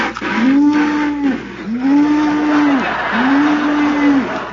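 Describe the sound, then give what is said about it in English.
A cow that has already been milked moos three times in a steady rhythm, each call a long, low, droning bellow lasting about a second, with a hissy background noise running underneath. “Virgil, the cow is milked already.”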